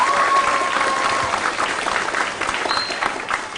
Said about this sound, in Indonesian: Baik, mari kita tepuk tangan meriah buat kedua profesor kita yang luar biasa.